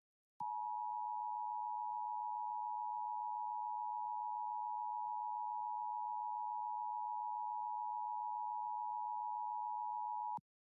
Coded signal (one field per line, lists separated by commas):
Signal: Emergency Alert System (SAME) tones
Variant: 853 and 960 Hz attention tone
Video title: LIVE AM/MW DX: DX Central Live - S. 3, Ep. 10 | Friday, November 25, 2022 | MWFC: 1310 & 774 kHz